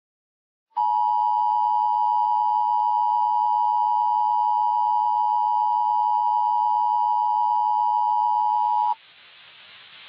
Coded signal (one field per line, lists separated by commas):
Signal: Emergency Alert System (SAME) tones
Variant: 853 and 960 Hz attention tone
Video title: "STILLWATER" - EAS Scenario